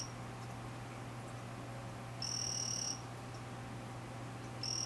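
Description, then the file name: Vanzolini's poison frog call: a high, buzzy trill lasting under a second at steady pitch, with another beginning at the very end, over a constant low hum. "Ranitomeya Vanzolinii calling"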